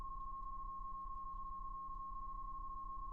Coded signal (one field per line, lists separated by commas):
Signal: PSK31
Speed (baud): 31.25 baud